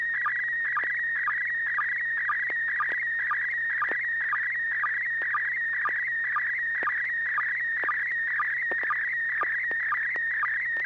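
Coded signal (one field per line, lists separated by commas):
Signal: SSTV (slow-scan television)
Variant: PD120 mode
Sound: steady warbling high tone with rapid regular chirps about twice a second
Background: low hum, FM radio noise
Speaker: Bob uh are you ready well hopefully I am uh this should be PD 120 and 6 pgq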